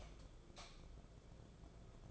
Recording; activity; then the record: daily activity, microphone in the room; light off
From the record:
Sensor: 5